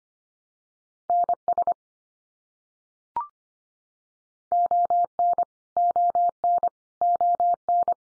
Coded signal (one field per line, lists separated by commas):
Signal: Morse code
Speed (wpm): 25 wpm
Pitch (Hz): 700 Hz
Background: none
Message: NS ON ON ON